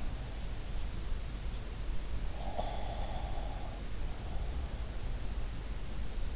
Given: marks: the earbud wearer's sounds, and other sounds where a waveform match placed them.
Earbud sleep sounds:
sounds in sleep by an in-ear microphone; snoring breath
2.46-4.83 s: snoring breath
2.46-4.83 s: sound from someone else or the room

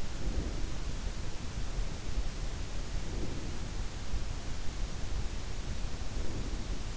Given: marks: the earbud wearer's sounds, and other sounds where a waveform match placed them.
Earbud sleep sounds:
sounds in sleep by an in-ear microphone; breath
0.00-0.84 s: breath
2.88-3.81 s: breath
5.96-6.77 s: breath

